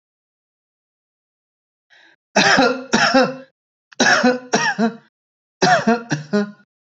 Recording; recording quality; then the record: heavy voluntary cough; excellent, no background noise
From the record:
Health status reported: healthy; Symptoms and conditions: none ticked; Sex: male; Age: 36 years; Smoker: not ticked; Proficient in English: yes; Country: India